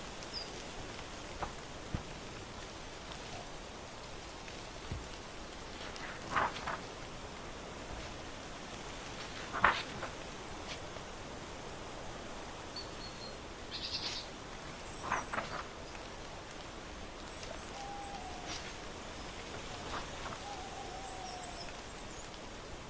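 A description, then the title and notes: Autumn porch sounds under a steady, even hiss like light rain. Short crackling rustles, like crunchy leaves, pop up around 6, 10, 14 and 15 seconds, while faint high bird chirps and thin whistles drift in now and then, especially toward the end. Breakfast vibes on the porch in autumn. Warm days, birdsong, crunchy leaves, flipping books.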